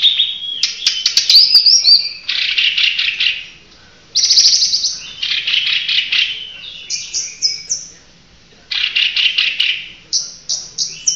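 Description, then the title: Oriental magpie-robin song mixing buzzy rattled phrases, high thin whistles and rising notes, given in bursts with short gaps between them. Long-duration recording of over an hour of song. "Kicau Kacer"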